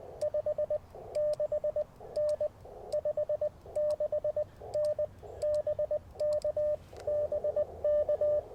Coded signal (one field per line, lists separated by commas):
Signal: Morse code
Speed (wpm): 20 wpm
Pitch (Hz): 600 Hz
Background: radio noise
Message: 56N 56N BK BK